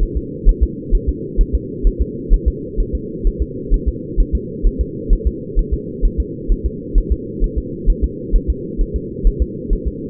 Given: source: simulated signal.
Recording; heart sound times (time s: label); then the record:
fetal heart sounds
0.03 s: S1
0.17 s: S2
0.49 s: S1
0.63 s: S2
0.95 s: S1
1.09 s: S2
1.41 s: S1
1.55 s: S2
1.87 s: S1
2.02 s: S2
2.34 s: S1
2.48 s: S2
2.80 s: S1
2.95 s: S2
3.27 s: S1
3.42 s: S2
3.74 s: S1
3.88 s: S2
4.20 s: S1
4.35 s: S2
4.66 s: S1
4.81 s: S2
5.13 s: S1
5.27 s: S2
5.59 s: S1
5.74 s: S2
6.05 s: S1
6.20 s: S2
6.52 s: S1
6.66 s: S2
6.98 s: S1
7.12 s: S2
7.44 s: S1
7.58 s: S2
7.90 s: S1
8.04 s: S2
8.36 s: S1
8.50 s: S2
8.81 s: S1
8.96 s: S2
9.27 s: S1
9.42 s: S2
9.73 s: S1
9.88 s: S2
From the record:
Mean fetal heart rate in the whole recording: 130 bpm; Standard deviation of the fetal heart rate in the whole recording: 2 bpm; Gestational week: 38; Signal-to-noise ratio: -4.1 dB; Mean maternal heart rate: no maternal heart sound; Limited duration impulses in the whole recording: absent